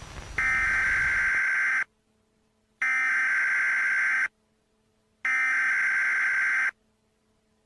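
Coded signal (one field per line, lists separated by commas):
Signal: Emergency Alert System (SAME) tones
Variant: header bursts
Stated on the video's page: Fictional EAS scenario set in Rockville, Maryland.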